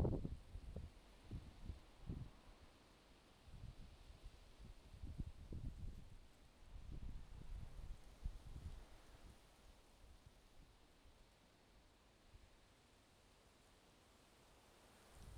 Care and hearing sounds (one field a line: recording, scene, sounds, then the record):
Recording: everyday scene through a hearing-aid microphone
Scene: wind on the microphone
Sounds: wind, traffic, birds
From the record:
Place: suburban garden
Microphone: in the ear canal, left